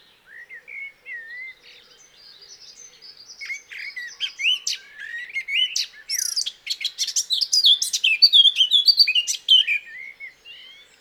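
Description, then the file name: Eurasian blackcap singing: quieter warbling notes that build into a loud, fast, varied warble, then fade at the end. "Sylvia atricapilla"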